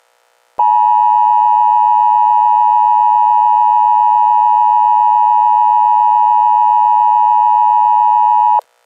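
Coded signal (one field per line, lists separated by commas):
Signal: Emergency Alert System (SAME) tones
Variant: 853 and 960 Hz attention tone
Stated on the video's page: Fictional EAS scenario.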